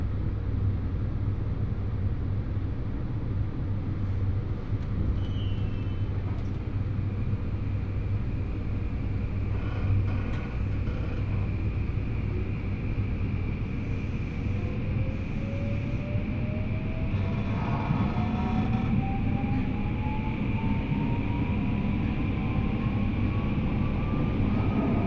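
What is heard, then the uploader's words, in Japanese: Inside a train on a local line, a steady low rumble of running gear fills the whole stretch at an even loudness. A faint tone slowly rises in pitch from around the middle onward, like a motor speeding up, and a thin high whine holds steady throughout. 新水前寺から豊肥本線に乗って肥後大津まで移動します。なかなかの山道を登っていくのですが、821系車両はいとも簡単に進んでいきます。単線区間ではありますが、利用客が多いのでしょっちゅう行き違いをしながら肥後大津に到着します。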